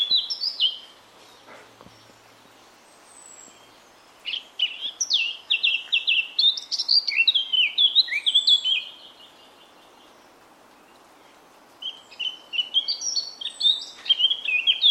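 Eurasian Blackcap song: bursts of quick, high, slurred warbling notes separated by silent gaps of several seconds.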